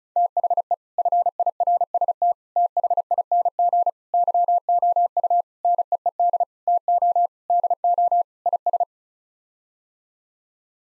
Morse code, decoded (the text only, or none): THE FIRST THING YOU NEED TO DO IS